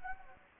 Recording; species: mosquito wingbeat signal from an infrared sensor; Anopheles gambiae